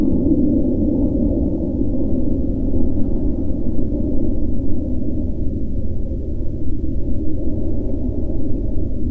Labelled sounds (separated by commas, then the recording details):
aircraft
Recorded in the Prudhoe Bay oil fields, Alaska, on 16 July 2021 at 19:13
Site 24